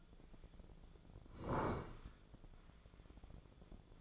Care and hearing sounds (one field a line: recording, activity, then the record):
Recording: daily activity, microphone in the room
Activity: sit down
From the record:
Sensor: 5